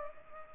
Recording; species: mosquito wingbeat signal from an infrared sensor; Culex pipiens